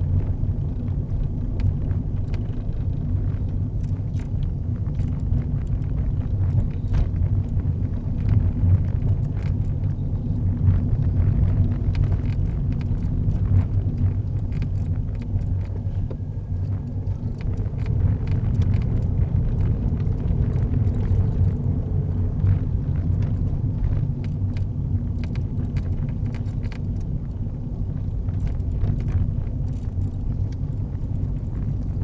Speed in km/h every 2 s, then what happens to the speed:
24, 23, 24, 24, 26, 24, 19, 19, 24, 26, 26, 24, 23, 23, 24, 26.
0-8 steady at about 24. 8-14 slows to 19. 14-17 speeds up to 26. 17-32 steady at about 24.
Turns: none.